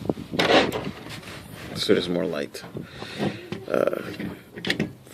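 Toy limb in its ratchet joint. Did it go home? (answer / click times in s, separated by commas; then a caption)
yes / 4.6 s, 4.8 s. A plastic limb on a transforming robot toy is flipped up through its ratcheting joint while someone talks. It clicks into position at 4.7 s and again at 4.8 s, two detent clicks that seat the limb.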